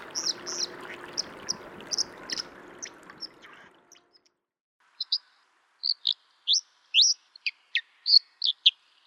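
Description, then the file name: Dipper song of sharp, high, varied notes; a low rushing background noise fills the first few seconds, then clear chirps continue alone. "suara burung dipper"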